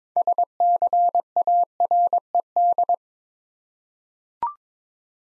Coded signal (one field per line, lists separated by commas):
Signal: Morse code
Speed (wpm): 22 wpm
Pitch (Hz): 700 Hz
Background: none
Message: SCARED